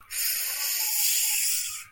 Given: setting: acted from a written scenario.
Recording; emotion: vocal sound without words; ecstasy